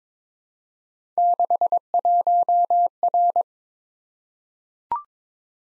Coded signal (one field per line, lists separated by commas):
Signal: Morse code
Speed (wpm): 22 wpm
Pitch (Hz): 700 Hz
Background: none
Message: 61R